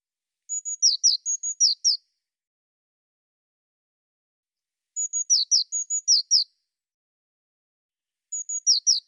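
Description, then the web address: Eurasian blue tit calling three times, a few seconds apart: very high steady notes mixed with quick descending slurs. "cianscape birddata Deverinetal 2025 File cleaned normalized Bird Cy Ca"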